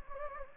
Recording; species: mosquito wingbeat signal from an infrared sensor; Anopheles gambiae